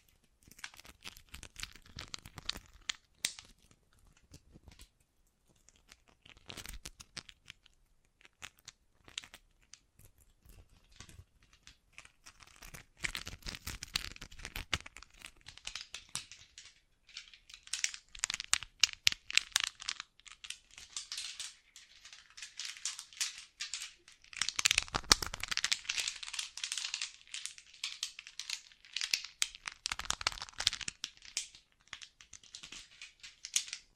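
Bracelets and jewelry boxes are handled in bursts of crinkly, clattering rustle, with quiet gaps between. Activity thickens after about seventeen seconds into dense, bright jingling and scraping, peaking near twenty-five seconds with a low thump, then stays busy to the end.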